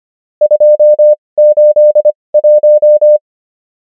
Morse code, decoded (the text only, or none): 281